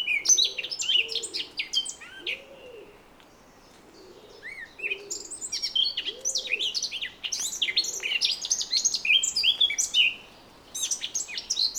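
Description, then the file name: Eurasian blackcap delivering busy, scratchy warbled phrases with pauses between them, while a soft low cooing repeats in the background. "Sylvia atricapilla"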